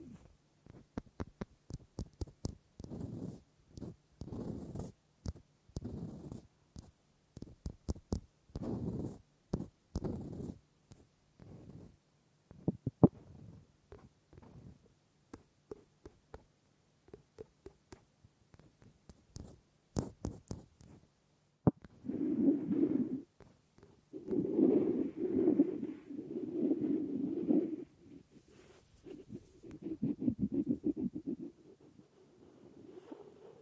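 Wooden objects are tapped and knocked in quick, irregular clusters of sharp clicks for about twenty seconds, with short pauses between runs. Around twenty-two seconds the sound shifts to fuller, lower rubbing and scraping strokes in rhythmic bursts, over a faint steady hiss.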